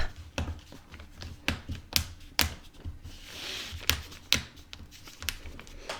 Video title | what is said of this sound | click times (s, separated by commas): LTA Spiral Clay Coil Base | and listen for that snap | 1.5 s, 2.0 s, 2.4 s, 3.9 s, 4.3 s, 5.3 s